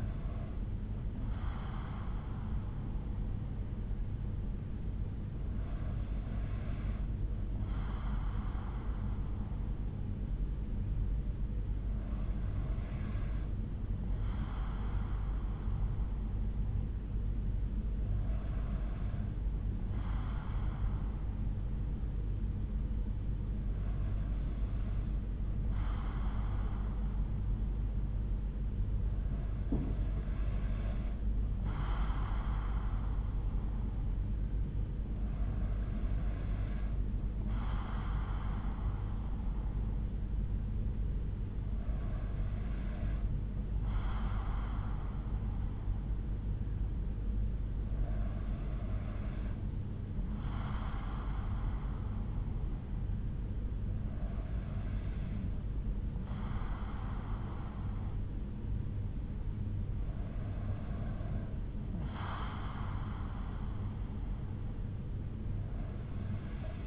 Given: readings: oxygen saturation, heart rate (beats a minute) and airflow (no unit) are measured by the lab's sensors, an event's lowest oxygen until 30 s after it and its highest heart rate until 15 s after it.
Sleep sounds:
breathing in sleep by a smartphone at the bedside; none
none scored
From the record:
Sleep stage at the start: N2 (light sleep); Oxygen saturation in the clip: 93 to 94%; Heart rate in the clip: 57 to 62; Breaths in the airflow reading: 11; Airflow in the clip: -4.2 to 3.6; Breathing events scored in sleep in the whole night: 368 in 8.0 hours asleep

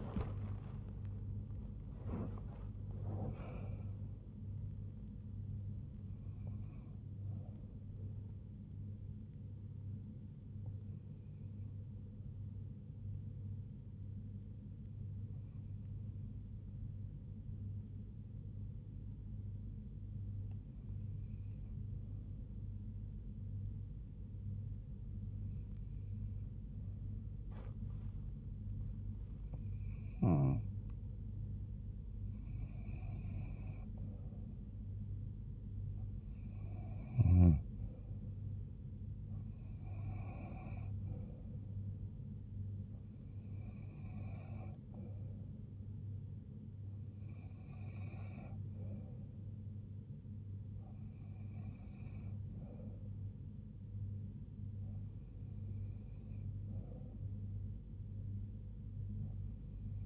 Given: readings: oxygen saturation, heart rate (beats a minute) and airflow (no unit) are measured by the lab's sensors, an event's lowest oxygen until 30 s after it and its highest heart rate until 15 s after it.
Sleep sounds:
breathing in sleep by a smartphone at the bedside; 1
8.00-32.00 s: hypopnea (N1, oxygen 97% highest, then 91% lowest, heart rate 80 at the start, 80 highest)
26.00-60.06 s: new sleep stage, N2 (light sleep)
From the record:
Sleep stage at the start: N1 (lightest sleep); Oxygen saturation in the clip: 91 to 97%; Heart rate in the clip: 68 to 94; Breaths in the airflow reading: 14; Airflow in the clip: -6.0 to 6.5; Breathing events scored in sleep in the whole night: 158 in 7.3 hours asleep

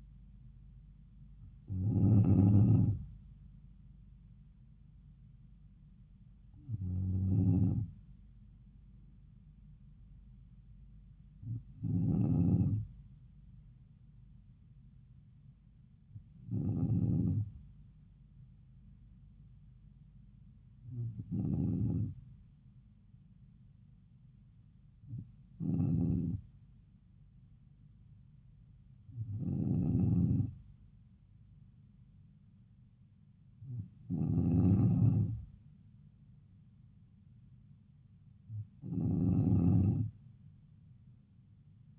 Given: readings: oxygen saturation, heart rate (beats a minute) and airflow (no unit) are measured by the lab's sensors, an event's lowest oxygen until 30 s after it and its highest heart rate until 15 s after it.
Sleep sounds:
breathing in sleep by a smartphone at the bedside; none
none scored
From the record:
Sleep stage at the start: N2 (light sleep); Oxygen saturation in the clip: 93 to 95%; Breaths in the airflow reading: 9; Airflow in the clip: -3.4 to 3.2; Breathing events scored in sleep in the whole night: 270 in 6.1 hours asleep

